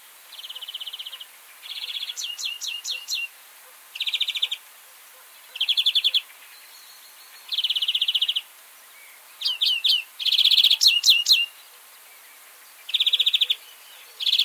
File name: Chloris chloris